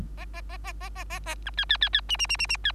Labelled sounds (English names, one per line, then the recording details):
Bengalese Finch song
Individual Bird3